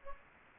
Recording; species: mosquito wingbeat signal from an infrared sensor; Anopheles gambiae